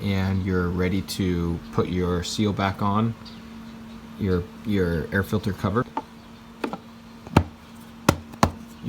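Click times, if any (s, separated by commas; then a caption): 8.4 s. Someone talks while the plastic air filter cover with its seal is pressed back onto the airbox of a TTR 125 small dirt bike. Light knocks and taps of handling follow from about 6.0 s. The cover snaps into place with a small, sharp click at 8.4 s, and it is seated.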